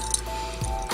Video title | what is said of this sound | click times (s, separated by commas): Transformers in Disguise Surprises, Blizzard Strike Optimus Prime, Sideswipe, Ultra Magnus Toys | yes look over here there's something that you can snap into place | 0.1 s